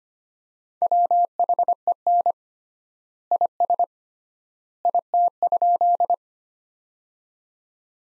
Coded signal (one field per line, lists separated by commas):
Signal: Morse code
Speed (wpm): 25 wpm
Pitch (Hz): 700 Hz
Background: none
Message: WHEN IS IT?